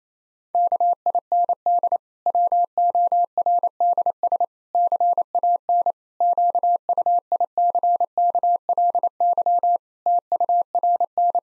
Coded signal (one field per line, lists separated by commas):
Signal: Morse code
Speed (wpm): 28 wpm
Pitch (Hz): 700 Hz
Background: none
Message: KIND WORDS CAN QUICKLY TURN